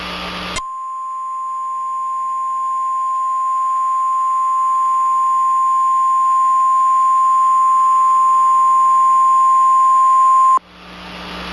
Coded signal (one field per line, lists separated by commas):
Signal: Emergency Alert System (SAME) tones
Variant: 1050 Hz attention tone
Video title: Caillou records a Tarnado and gets grounded. WARNING CONTAINS EAS SOUNDS!